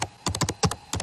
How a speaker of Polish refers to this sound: A to jest dźwięk klawiatury laptopa, który może go pokonać.